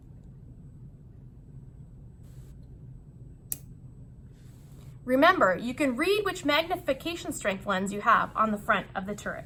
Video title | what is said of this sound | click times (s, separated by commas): Discover Together: Increasing Magnification on the Microscope | Change the magnifying strength by rotating the lens turret until you hear a click. | 3.5 s